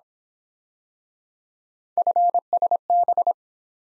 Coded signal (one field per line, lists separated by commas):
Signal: Morse code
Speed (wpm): 26 wpm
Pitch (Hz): 700 Hz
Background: none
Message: FSB